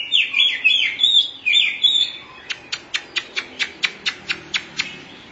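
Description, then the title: Oriental magpie-robin song: a rich warbled phrase of fluty, sliding whistles, then a short pause and a fast run of sharp clicking notes. Chirping song (kicauan) of the bird. "Suara Kicauan Burung Kacer Durasi Panjang"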